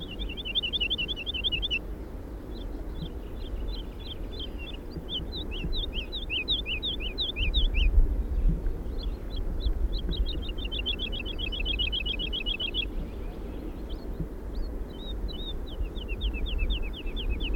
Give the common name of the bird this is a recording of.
Wood Lark